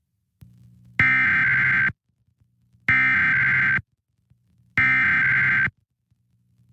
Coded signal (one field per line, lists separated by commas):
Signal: Emergency Alert System (SAME) tones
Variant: header bursts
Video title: Santa Barbara County Required Monthly Test (EAS #520-525) 11/3/21